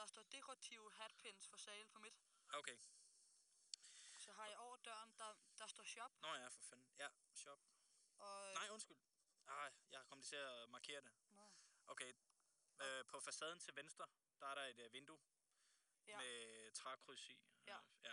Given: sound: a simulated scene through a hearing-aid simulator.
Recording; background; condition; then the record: conversation; quiet; 75 dB SPL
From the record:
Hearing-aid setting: III (slow-acting compression, loudness normalization, advanced features for about 2.5 dB of SNR improvement); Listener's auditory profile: D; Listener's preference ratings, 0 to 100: 82, 78, 81